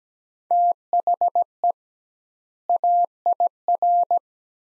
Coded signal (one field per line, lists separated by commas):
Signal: Morse code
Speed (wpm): 17 wpm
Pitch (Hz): 700 Hz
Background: none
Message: THE AIR